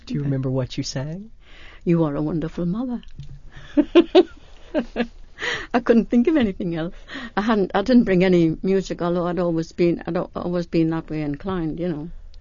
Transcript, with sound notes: Do you remember what you sang?
"You Are A Wonderful Mother." (she laughs) I couldn't think of anything else. I hadn't, I didn't bring any music although I'd always been, I'd always been that was inclined, you know.